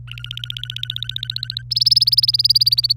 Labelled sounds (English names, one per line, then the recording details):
Domestic Canary song
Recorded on 26 April 2018 at 15:11
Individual llb3